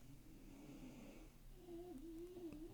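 Faint, low droning snore in two drawn-out breaths from a dog asleep in the background of a quiet room.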